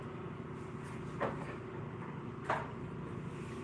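A component is handled during a manual transmission conversion on a Volvo 850, with two short knocks at about 1.2 and 2.5 seconds over a steady low background hum. Nothing has seated or snapped into place yet.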